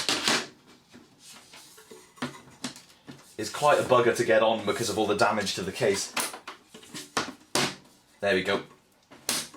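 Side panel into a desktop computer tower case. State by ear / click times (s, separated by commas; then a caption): seated / 9.3 s. The aluminium side panel of a Power Mac G5 tower with a damaged case is pushed back onto the desktop tower while someone talks, with several sharp knocks and taps from the panel along the way. The latch engages with a sharp click at 9.3 s, and the panel is locked into place.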